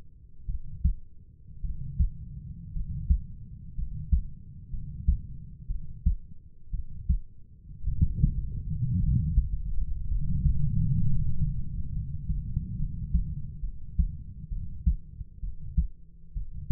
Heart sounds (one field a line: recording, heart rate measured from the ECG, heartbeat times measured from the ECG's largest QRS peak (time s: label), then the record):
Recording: heart sounds by stethoscope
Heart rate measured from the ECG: 60 bpm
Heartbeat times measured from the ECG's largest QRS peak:
0.46 s: heartbeat
1.62 s: heartbeat
2.73 s: heartbeat
3.75 s: heartbeat
4.70 s: heartbeat
5.67 s: heartbeat
6.71 s: heartbeat
7.85 s: heartbeat
9.00 s: heartbeat
10.08 s: heartbeat
11.05 s: heartbeat
11.93 s: heartbeat
12.77 s: heartbeat
13.61 s: heartbeat
14.50 s: heartbeat
15.41 s: heartbeat
16.34 s: heartbeat
From the record:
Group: healthy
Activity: cold pressor test 0-8 s, rest 8-17 s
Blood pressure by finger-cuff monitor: 111/63 mmHg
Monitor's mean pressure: 76 mmHg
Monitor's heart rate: 58 bpm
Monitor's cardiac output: 5 L/min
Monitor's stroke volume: 87 mL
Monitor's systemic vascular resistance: 1100 dyn s/cm5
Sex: male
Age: 25 years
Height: 170 cm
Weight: 70.4 kg